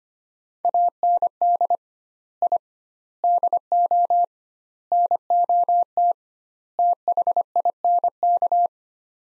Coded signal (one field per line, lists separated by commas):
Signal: Morse code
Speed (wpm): 25 wpm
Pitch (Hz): 700 Hz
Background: none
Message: AND I DO NOT THINK